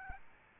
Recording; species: mosquito wingbeat signal from an infrared sensor; Aedes albopictus